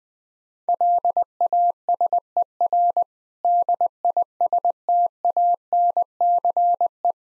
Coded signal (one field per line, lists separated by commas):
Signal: Morse code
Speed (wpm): 20 wpm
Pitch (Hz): 700 Hz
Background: none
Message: LASER DISTANCE